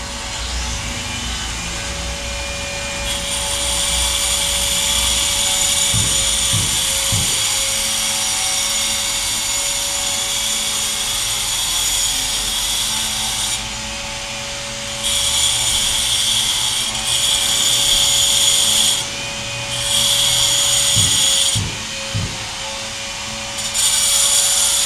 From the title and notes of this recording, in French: Travaux de rénovation de la passerelle sud. Septembre 2009, Massy.